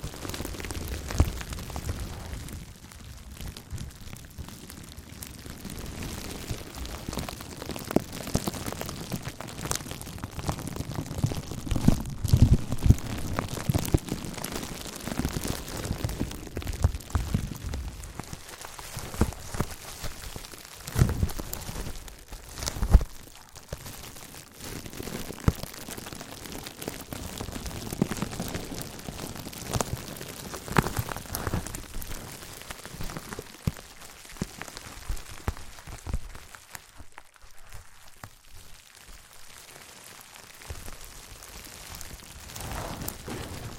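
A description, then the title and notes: Slow, gentle crinkling runs throughout, a dense patter of soft crackles and rustles that the ear might take for light rain. Occasional louder crinkles stand out around 12 and 23 seconds, and the sound thins and quiets briefly near 37 to 41 seconds. ASMR Slow & Gentle Crinkle Triggers. (No Talking).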